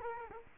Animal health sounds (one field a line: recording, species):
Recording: mosquito wingbeat signal from an infrared sensor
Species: Culex quinquefasciatus